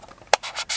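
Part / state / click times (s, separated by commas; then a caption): variable ND filter on magnetic filter base / seated / 0.3 s. A variable ND filter element is spun round on its magnetic filter base until it locks at its hard stop. Faint scratchy rubbing comes first, then a sharp click at 0.3 s as it seats in place, followed by soft scraping.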